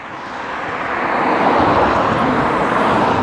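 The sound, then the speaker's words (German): A broad, rushing roar of passing cars swells steadily louder over the first second and a half, then holds as a constant wash of road noise, with no voices. “Ist jetzt bald mal gut mit dem Autos.”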